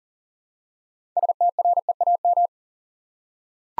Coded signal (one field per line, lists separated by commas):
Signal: Morse code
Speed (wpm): 39 wpm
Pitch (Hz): 700 Hz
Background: none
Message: STREAM